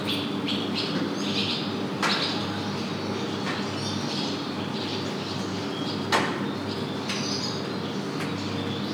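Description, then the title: Swallow calls as brief high twittering bursts, spread throughout, over constant mechanical hum with occasional sharp clicks. Swallows at a prison in Marche-en-Famenne, Belgium; air conditioning and distant sounds; Sony PCM-D100 internal microphones in XY position. "Chau. de Liège 178, 6900 Marche-en-Famenne, Belgique - Hirondelles - Swallows - in prison"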